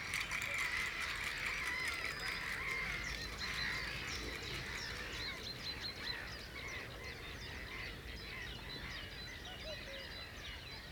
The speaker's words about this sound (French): Des oiseaux agités, le balancement tranquille des roseaux, feuilles fines et coupantes qui sifflent, se frottant doucement les unes contre les autres.